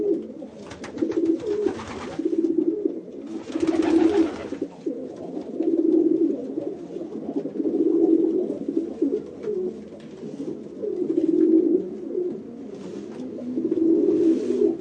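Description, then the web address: Pigeon cooing swells and fades in repeated waves of low throaty notes, while bursts of rustling or flapping noise come and go. "sound bird-pigeon"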